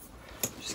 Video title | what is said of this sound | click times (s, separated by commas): Premier contact poussette Stella et sa nacelle Oria de Bébé Confort | avec une sangle qu'en fait on va tirer sur la scène comme ça jusqu au clic ce qui | 0.4 s